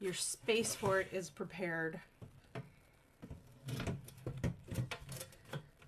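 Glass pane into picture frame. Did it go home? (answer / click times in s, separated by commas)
no / none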